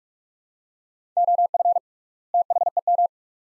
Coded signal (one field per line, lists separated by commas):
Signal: Morse code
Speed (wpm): 42 wpm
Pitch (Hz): 700 Hz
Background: none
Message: OF THEM